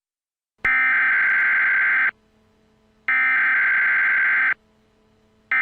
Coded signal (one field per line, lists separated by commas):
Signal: Emergency Alert System (SAME) tones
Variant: header bursts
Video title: The Nuclear Delivery: An EAS Scenario